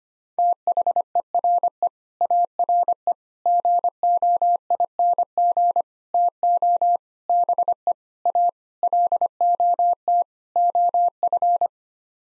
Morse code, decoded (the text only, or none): THERE ARE GOING TO BE A LOT OF